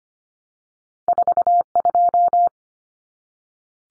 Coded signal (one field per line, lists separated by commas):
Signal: Morse code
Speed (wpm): 25 wpm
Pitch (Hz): 700 Hz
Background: none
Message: 42